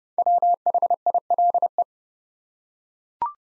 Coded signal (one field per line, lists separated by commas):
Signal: Morse code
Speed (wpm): 30 wpm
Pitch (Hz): 700 Hz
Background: none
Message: WHILE